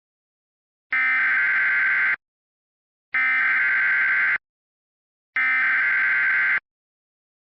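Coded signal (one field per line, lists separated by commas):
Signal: Emergency Alert System (SAME) tones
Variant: header bursts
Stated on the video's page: Recreated, not real, flash flood warning using valid EAS tones.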